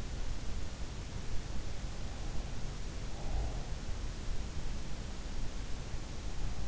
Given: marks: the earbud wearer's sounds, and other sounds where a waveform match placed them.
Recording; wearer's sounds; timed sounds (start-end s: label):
sounds in sleep by an in-ear microphone; breath
1.55-3.74 s: breath